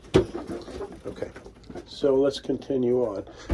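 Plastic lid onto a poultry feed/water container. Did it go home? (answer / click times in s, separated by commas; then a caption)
yes / 0.1 s. A plastic lid is pressed down onto a poultry feed or water container, snapping into place with a sharp click at 0.1 s; it had been left unsnapped the last time the chickens were fed. Someone then talks, with a few faint knocks in the background.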